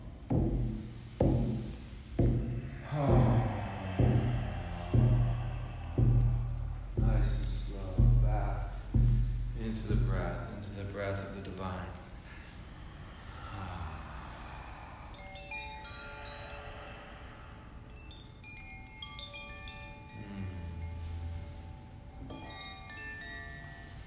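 Regular low drum beats with chanting voices fill the first ten seconds, then fade into ringing chimes and bells that shimmer and sustain.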